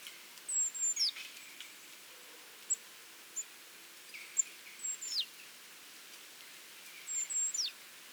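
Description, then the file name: Great tit calls: thin high notes sliding down sharply, given in three spaced bouts over a steady hiss. "Parus major"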